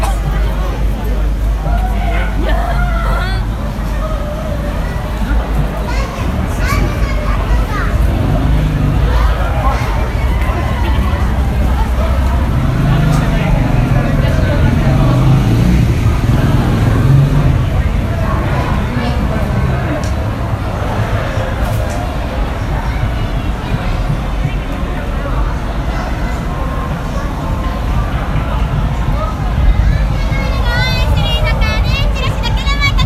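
A dense Halloween crowd at Shibuya, many voices talking and calling over one another with no pause for the full half minute. A steady low rumble of traffic runs underneath, a few higher shouts and children's voices stand out, and shrill whistles sound near the end.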